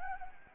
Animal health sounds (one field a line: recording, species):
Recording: mosquito wingbeat signal from an infrared sensor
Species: Anopheles gambiae